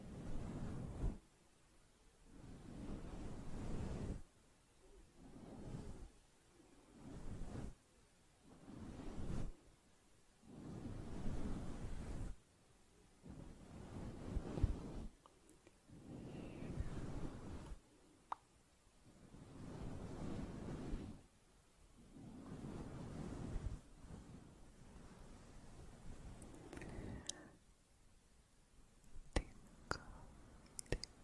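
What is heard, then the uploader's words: Slow, soft brushing over a fluffy mic comes in deep, muffled swells, each lasting a second or two, with short quiet gaps between them. Small clicks and ticks that could be mouth sounds appear here and there, more often near the end. ASMR Close Up Soft & Slow Mouth Sounds, Fluffy Mic, Camera Brushing.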